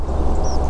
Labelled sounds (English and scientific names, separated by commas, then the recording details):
Tree Pipit (Anthus trivialis)
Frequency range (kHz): Tree Pipit (Anthus trivialis) 4.3-6.7 kHz
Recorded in France